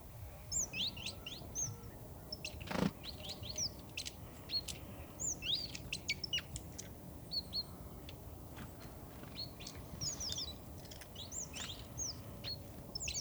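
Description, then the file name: Great tit calls: short, high chirps and downslurred notes, scattered irregularly and often overlapping, over a steady low rumble with a few sharp clicks. "Parus major"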